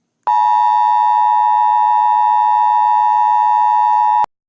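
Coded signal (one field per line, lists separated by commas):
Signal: Emergency Alert System (SAME) tones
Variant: 853 and 960 Hz attention tone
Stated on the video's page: Simulated EAS scenario, an older version that has been replaced by an updated one.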